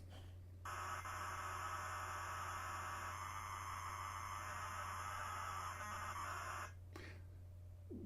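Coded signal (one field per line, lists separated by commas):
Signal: ZX Spectrum tape loading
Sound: six seconds of harsh, buzzy, rapidly warbling data screech with sudden start and stop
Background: mains hum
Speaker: hauntingly sounds familiar like the the spectrum data that's loading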